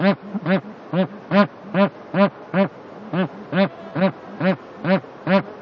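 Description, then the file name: Bar-headed goose honks, loud nasal arched notes repeated evenly a little over twice a second, with softer calls between them. "anser indicus"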